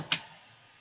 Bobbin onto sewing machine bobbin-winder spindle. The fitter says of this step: until it snaps